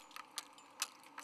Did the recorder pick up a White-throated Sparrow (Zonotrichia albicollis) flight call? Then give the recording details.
no. No flight call is heard. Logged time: 05:37 on 6 November 2014